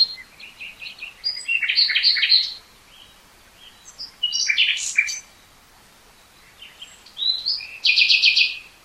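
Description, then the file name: Common nightingale song in three loud bursts of varied chirps, trills and whistles, separated by pauses. "Luscinia megarhynchos"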